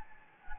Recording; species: mosquito wingbeat signal from an infrared sensor; Anopheles gambiae